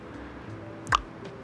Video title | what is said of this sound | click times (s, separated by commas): How To Make Your Pit Bike Faster - Apollo 125cc Pit Dirt Bike | to where there's an opening and then you can pop this guy off | 0.9 s